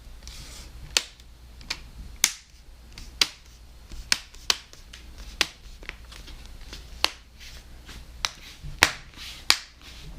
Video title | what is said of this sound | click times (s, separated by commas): Laptop Screen Replacement / How to Replace Laptop Screen HP 14-AX010CA | And the bottom snaps in. | 2.2 s, 3.2 s, 4.1 s, 7.0 s, 8.8 s, 9.5 s